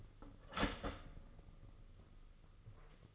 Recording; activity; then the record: daily activity, microphone in the room; start toaster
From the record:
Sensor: 4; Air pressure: 996.0 hPa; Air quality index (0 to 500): 66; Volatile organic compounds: 2 ppm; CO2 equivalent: 1195 ppm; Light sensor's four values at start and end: 13/30/12/13 and 12/29/12/12